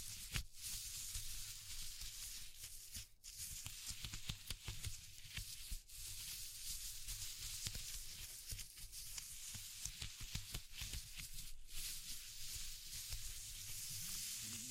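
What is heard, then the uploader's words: A textural recording of dense, bright hiss scattered with frequent irregular crackles and clicks over a low rumble, with a faint steady hum throughout. ASMR Exploring Textures (No Talking).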